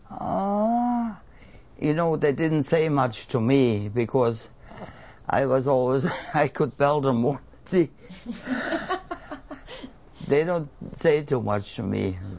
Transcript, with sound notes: Uh, you know, they didn't say much to me because I was always, I could belt them one. (laughs) They don't say too much to me.